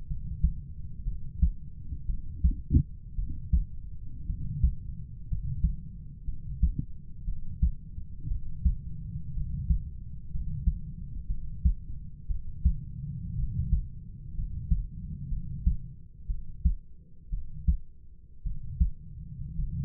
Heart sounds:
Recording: heart sounds by stethoscope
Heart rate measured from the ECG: 58 bpm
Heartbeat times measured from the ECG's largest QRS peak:
0.07 s: heartbeat
1.04 s: heartbeat
2.07 s: heartbeat
3.16 s: heartbeat
4.27 s: heartbeat
5.28 s: heartbeat
6.25 s: heartbeat
7.25 s: heartbeat
8.28 s: heartbeat
9.34 s: heartbeat
10.31 s: heartbeat
11.27 s: heartbeat
12.28 s: heartbeat
13.36 s: heartbeat
14.35 s: heartbeat
15.29 s: heartbeat
16.27 s: heartbeat
17.30 s: heartbeat
18.43 s: heartbeat
19.56 s: heartbeat
From the record:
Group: healthy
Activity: rest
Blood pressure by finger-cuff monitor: 108/56 mmHg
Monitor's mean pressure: 69 mmHg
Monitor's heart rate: 59 bpm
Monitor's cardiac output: 5.2 L/min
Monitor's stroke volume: 88 mL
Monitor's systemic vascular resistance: 950 dyn s/cm5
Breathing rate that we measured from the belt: 12 breaths a minute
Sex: male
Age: 25 years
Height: 170 cm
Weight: 70.4 kg

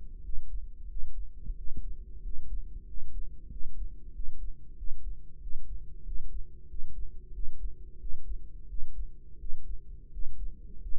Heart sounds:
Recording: heart sounds by microphone in the right ear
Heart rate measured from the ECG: 91 bpm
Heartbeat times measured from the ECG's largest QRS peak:
0.24 s: heartbeat
0.90 s: heartbeat
1.57 s: heartbeat
2.24 s: heartbeat
2.88 s: heartbeat
3.51 s: heartbeat
4.14 s: heartbeat
4.77 s: heartbeat
5.41 s: heartbeat
6.06 s: heartbeat
6.69 s: heartbeat
7.34 s: heartbeat
8.00 s: heartbeat
8.69 s: heartbeat
9.40 s: heartbeat
10.12 s: heartbeat
10.82 s: heartbeat
From the record:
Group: healthy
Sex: male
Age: 21 years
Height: 175 cm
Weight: 72.6 kg

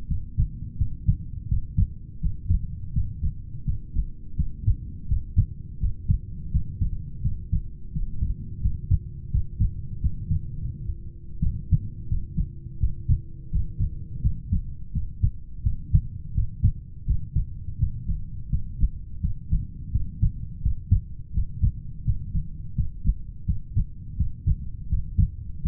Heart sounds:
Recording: heart sounds by stethoscope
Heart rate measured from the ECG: 85 bpm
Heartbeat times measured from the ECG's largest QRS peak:
0.06 s: heartbeat
0.76 s: heartbeat
1.47 s: heartbeat
2.19 s: heartbeat
2.91 s: heartbeat
3.63 s: heartbeat
4.35 s: heartbeat
5.07 s: heartbeat
5.78 s: heartbeat
6.50 s: heartbeat
7.20 s: heartbeat
7.96 s: heartbeat
8.60 s: heartbeat
9.30 s: heartbeat
9.99 s: heartbeat
10.62 s: heartbeat
11.39 s: heartbeat
12.07 s: heartbeat
12.79 s: heartbeat
13.49 s: heartbeat
14.20 s: heartbeat
14.91 s: heartbeat
15.62 s: heartbeat
16.33 s: heartbeat
17.05 s: heartbeat
17.77 s: heartbeat
18.48 s: heartbeat
19.19 s: heartbeat
19.90 s: heartbeat
20.61 s: heartbeat
21.32 s: heartbeat
22.03 s: heartbeat
22.74 s: heartbeat
23.44 s: heartbeat
24.16 s: heartbeat
24.88 s: heartbeat
25.61 s: heartbeat
From the record:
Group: heart failure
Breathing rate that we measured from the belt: 16 breaths a minute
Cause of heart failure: idiopathic cardiomyopathy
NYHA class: 2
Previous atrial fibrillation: present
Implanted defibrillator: present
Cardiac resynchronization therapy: present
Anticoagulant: warfarin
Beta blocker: metoprolol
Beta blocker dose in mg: 50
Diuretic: furosemide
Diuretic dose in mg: 40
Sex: male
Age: 62 years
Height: 184 cm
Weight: 101 kg

